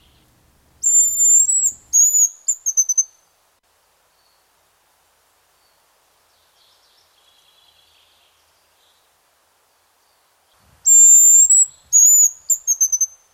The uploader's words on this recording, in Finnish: Viikon luontoääni: Pyy.